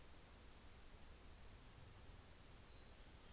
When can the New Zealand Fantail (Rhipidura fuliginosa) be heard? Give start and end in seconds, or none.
none